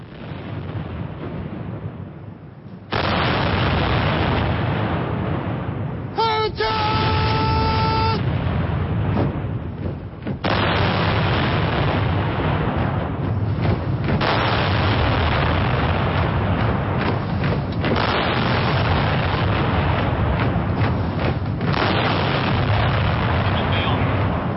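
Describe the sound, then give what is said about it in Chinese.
Loud booming cannon blasts fire one after another in a steady salute, each deep thud rolling into a continuous roar with brief tonal ringing partway through; a 56-gun ceremonial salute of 70 rounds at Tiananmen Square, Beijing, during the 2015 ceremony marking 70 years since victory in the War of Resistance Against Japanese Aggression. “在礼炮声中，200名国旗护卫队官兵身着深橄榄绿礼宾服，拖枪从天安门广场中央的人民英雄纪念碑北侧平台出发。”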